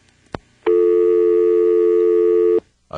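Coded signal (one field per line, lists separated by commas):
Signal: telephone call progress tone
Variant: North America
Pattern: dial tone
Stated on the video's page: Call progress tone from an NX1-E exchange in Vanceboro, North Carolina, 1977.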